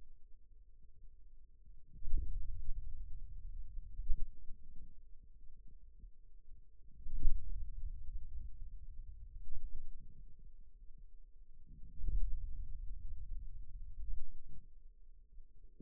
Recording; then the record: forearm muscle sounds (acoustic myography)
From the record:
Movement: ulnar deviation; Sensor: system 2, bracelet of six BSWA MPA416 microphones around the upper forearm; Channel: 5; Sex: male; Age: 22 years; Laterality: right